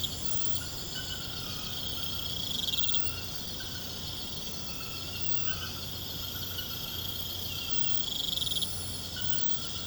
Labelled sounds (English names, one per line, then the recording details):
none
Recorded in pastures near Puerto Asís, Putumayo, Colombia, on 12 March 2025 at 23:30
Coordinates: 0.472, -76.329
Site G074